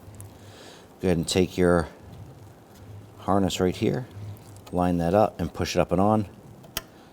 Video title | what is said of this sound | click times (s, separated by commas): How to Replace Fog Light Set 2006-2010 Hummer H3 | You're going to feel and hear it snap into place. | 6.8 s